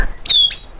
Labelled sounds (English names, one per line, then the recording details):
Stitchbird song
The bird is a male
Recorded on Tiritiri Matangi Island, New Zealand, in 2005
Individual 12, of nest box 16